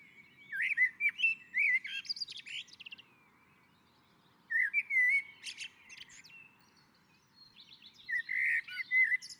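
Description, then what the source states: Common blackbird singing three separate phrases of mellow whistled warbling and shrill twittering, with short pauses between them. On a roof.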